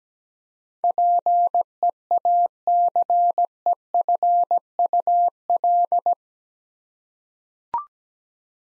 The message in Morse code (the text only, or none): PEACEFUL